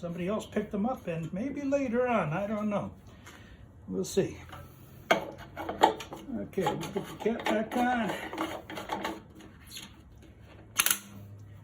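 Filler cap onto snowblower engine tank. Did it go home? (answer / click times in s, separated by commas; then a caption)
yes / 10.8 s, 10.9 s. Someone talks, then the filler cap is screwed back onto the engine tank of an Ariens snowblower with a Briggs & Stratton engine. Its ratchet gives three sharp clicks at 10.8, 10.9 and 10.9 seconds, showing the cap is seated and locked.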